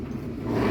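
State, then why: Not seated. A plastic lid is handled over a plastic food storage box that it clips onto, producing a low, steady rumbling handling noise that grows slightly louder toward the end. Nothing has seated or clicked yet; the lid is not yet home.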